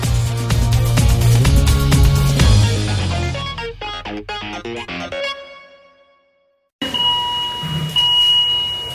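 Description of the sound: ICU vital signs monitor alarm beeping in a Spanish intensive care unit during the COVID-19 pandemic. The monitor beeps when a patient has an arrhythmia, their oxygen drops or they stop breathing.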